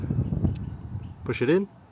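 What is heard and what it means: A wiring connector is handled and pushed toward a new LED low or high beam headlight bulb on a 2015–2022 Honda Civic while someone talks. There is a brief faint tick at 0.56 s, but nothing has seated or clicked yet.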